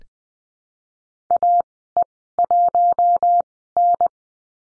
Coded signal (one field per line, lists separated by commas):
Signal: Morse code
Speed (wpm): 20 wpm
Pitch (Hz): 700 Hz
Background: none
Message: A E 1 N